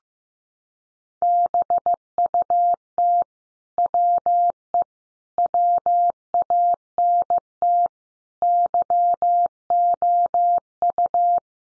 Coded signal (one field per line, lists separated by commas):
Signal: Morse code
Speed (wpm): 15 wpm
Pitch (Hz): 700 Hz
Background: none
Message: BUT WE WANT YOU